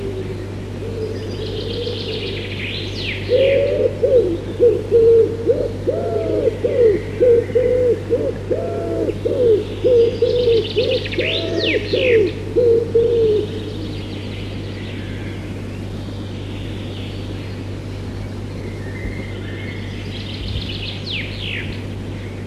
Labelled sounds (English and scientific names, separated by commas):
Common Wood Pigeon (Columba palumbus)